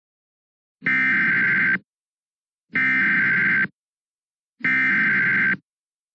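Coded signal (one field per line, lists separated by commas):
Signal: Emergency Alert System (SAME) tones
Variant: header bursts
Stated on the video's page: Hypothetical recreation of how a Tornado Emergency from the National Weather Service for Plevna, Kansas might have looked over EAS.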